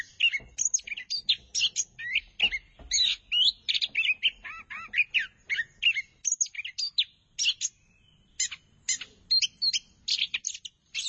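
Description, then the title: Thrush singing loud, varied phrases of high chirps and whistled slurs in quick separate bursts, with brief pauses between them. "burung anis x"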